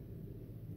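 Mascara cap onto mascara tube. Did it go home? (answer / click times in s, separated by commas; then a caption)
no / none. The plastic cap of a ColourPop BFF Volumizing Mascara tube in the shade Yellow Goodbye is handled as it is brought onto the tube, heard only as a steady low rumbling handling noise with no sharp transients over 0.8 seconds. Nothing has seated or clicked yet.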